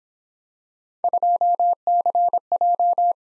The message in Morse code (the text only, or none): 2CJ